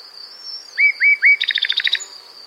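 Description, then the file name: Common nightingale song phrase: three loud rising whistled notes, then a fast rattling trill of repeated notes, with a continuous high cricket drone behind. "Luscinia megarhynchos"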